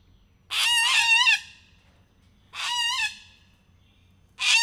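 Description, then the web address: Little corella loud grating screeches, three in a series with pauses of a second or more between, the last cut off. Captive bird at a zoo in Miskolc, recorded in 2018, described as emboldened. "csupaszszemu kakadu felbatorodva"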